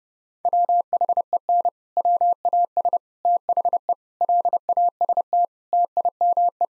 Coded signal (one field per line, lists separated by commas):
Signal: Morse code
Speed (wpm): 30 wpm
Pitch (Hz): 700 Hz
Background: none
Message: WHEN WAS THE LAST TIME